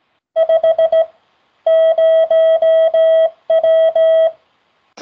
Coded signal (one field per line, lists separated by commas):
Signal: Morse code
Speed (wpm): 16 wpm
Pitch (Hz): 650 Hz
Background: none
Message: 50W